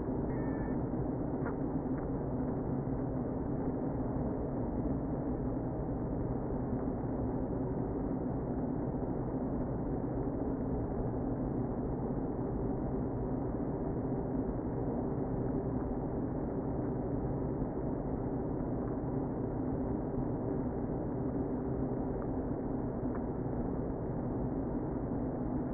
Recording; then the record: honeybee colony, microphone inside the hive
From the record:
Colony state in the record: queen present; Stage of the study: before two queens were removed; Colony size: about 60,000 bees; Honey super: yes